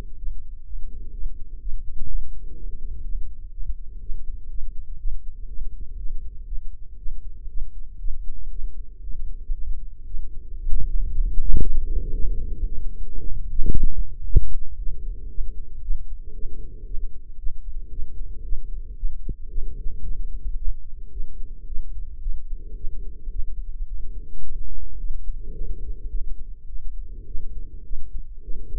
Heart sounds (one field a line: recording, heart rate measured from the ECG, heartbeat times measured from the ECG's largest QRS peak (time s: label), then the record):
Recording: heart sounds by microphone in the right ear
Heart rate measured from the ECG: 115 bpm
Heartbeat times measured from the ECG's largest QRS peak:
0.20 s: heartbeat
0.67 s: heartbeat
1.15 s: heartbeat
1.62 s: heartbeat
2.10 s: heartbeat
2.58 s: heartbeat
3.06 s: heartbeat
3.54 s: heartbeat
4.03 s: heartbeat
4.52 s: heartbeat
5.01 s: heartbeat
5.50 s: heartbeat
5.99 s: heartbeat
6.49 s: heartbeat
7.00 s: heartbeat
7.50 s: heartbeat
8.01 s: heartbeat
8.52 s: heartbeat
9.04 s: heartbeat
9.56 s: heartbeat
10.08 s: heartbeat
10.60 s: heartbeat
11.12 s: heartbeat
11.63 s: heartbeat
12.15 s: heartbeat
12.68 s: heartbeat
13.20 s: heartbeat
13.73 s: heartbeat
14.26 s: heartbeat
14.79 s: heartbeat
15.31 s: heartbeat
15.83 s: heartbeat
16.35 s: heartbeat
16.87 s: heartbeat
17.40 s: heartbeat
17.93 s: heartbeat
18.45 s: heartbeat
18.98 s: heartbeat
19.51 s: heartbeat
20.04 s: heartbeat
20.58 s: heartbeat
21.13 s: heartbeat
21.68 s: heartbeat
22.22 s: heartbeat
22.77 s: heartbeat
23.32 s: heartbeat
23.88 s: heartbeat
24.44 s: heartbeat
24.99 s: heartbeat
25.54 s: heartbeat
26.11 s: heartbeat
26.69 s: heartbeat
27.28 s: heartbeat
27.86 s: heartbeat
28.44 s: heartbeat
From the record:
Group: healthy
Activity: rest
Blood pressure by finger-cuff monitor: 154/88 mmHg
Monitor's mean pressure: 107 mmHg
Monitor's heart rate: 115 bpm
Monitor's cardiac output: 8.4 L/min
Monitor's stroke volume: 72 mL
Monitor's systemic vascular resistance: 900 dyn s/cm5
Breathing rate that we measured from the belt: 19 breaths a minute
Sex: female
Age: 43 years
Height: 160 cm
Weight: 90 kg